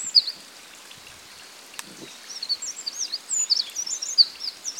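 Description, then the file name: Eurasian wren, fast high twittering notes in broken phrases that grow busier toward the end, against steady background hiss with a single click. "Troglodytes troglodytes"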